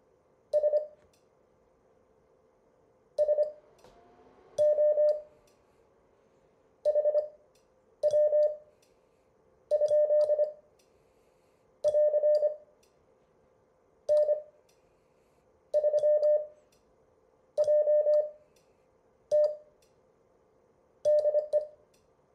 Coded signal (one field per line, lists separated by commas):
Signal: Morse code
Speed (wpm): 25 wpm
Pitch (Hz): 600 Hz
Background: none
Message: S SO HW? <AR> N3JT DE